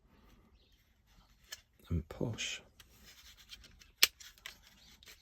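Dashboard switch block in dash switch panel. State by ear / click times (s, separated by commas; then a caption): released / 4.0 s. Someone talks while the old factory switch block is pushed out of the plastic dashboard switch panel of a VW Crafter, with soft rubbing and scraping sounds. A sharp click at 4.0 s is heard as the switch block releases and pops out of the panel.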